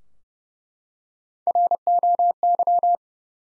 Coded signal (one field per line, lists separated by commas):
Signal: Morse code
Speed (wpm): 32 wpm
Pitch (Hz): 700 Hz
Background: none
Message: ROY